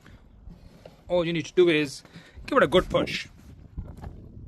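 A portable camping toilet is handled on a floor-mounted metal mounting bracket rail while someone talks, with a few faint knocks near the end. Nothing has seated or clicked into the bracket yet.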